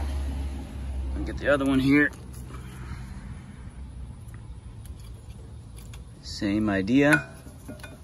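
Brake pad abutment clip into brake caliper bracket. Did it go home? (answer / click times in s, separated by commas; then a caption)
no / none. Metal brake pad abutment clips for the Brembo brakes on a Range Rover L405 are being pressed by hand into the brake caliper bracket without grease, so that brake dust won't collect. Someone talks twice, and between those bursts come small ticking hits at about 4.3, 4.9, 5.8 and 5.9 seconds. Nothing has seated or clicked yet.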